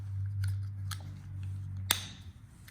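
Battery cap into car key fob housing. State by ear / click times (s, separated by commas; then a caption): seated / 1.9 s. After a new CR2032 coin cell is fitted, the plastic battery cap of a Mercedes car key fob is pressed closed into the fob housing. A few faint ticks and a low steady hum lead up to a single sharp snap at 1.9 s, when the cap seats and clicks shut.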